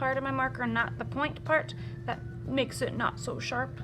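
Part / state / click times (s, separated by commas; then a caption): plastic cap onto marker barrel / not seated / none. A plastic cap is being handled on the barrel of a felt-tip marker while a woman talks, with a steady low hum underneath. The cap has not clicked on yet; nothing has seated.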